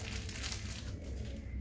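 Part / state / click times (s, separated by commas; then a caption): ostomy bag coupling ring onto skin base plate flange / not seated / none. An ostomy bag's plastic coupling ring is pressed and pushed and pulled onto the flange of the skin base plate, giving a steady crinkling, rustling sound with brief sharp bumps near 0.1 and 0.5 seconds. No click is heard, so the bag has not clicked into place and must be checked and refitted.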